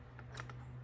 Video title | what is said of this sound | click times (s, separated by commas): Toyota 4Runner door lock actuator replacement | hear that snap | 0.4 s